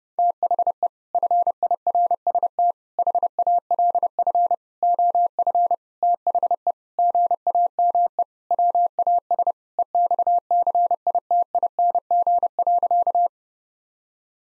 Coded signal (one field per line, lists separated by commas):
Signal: Morse code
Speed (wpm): 30 wpm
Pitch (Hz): 700 Hz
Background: none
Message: THE FIRST HALF OF THE GAME WAS EXCITING.